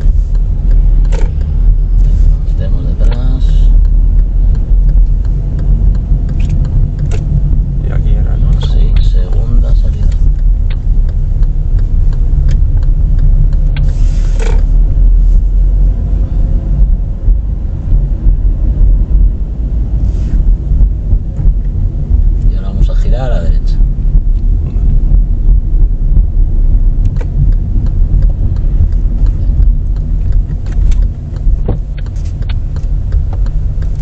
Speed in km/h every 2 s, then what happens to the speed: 20, 19, 22, 23, 21, 19, 20, 18, 25, 28, 26, 26, 28, 28, 24, 17, 9.
0-14 steady at about 20. 14-18 speeds up to 28. 18-26 steady at about 28. 26-31 brakes to 9.